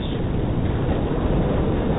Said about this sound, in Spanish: Amigos, ¿cómo estáis? Buenos días, ¿Os gusta el ruido del mar?